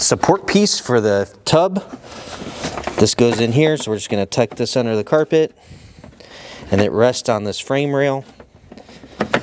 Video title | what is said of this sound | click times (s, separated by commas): DIY Subwoofer Upgrade for Tesla Model 3 & Y - Alpine PSS-TSUB-T3A / TYA Step-by-Step Install Guide | So, we'll get that in there. Snaps right into place. | 9.3 s